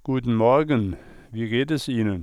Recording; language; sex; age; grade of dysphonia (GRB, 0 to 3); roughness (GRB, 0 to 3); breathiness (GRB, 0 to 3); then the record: spoken sentence; German; male; 60 to 69 years; 0; 0; 0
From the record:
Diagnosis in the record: healthy voice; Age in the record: 63 years